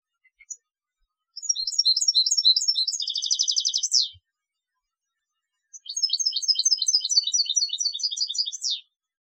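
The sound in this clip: European goldfinch singing two bright, tinkling twittering phrases, each about three seconds long, the first ending in a fast buzzy trill, separated by a short pause on a silent background.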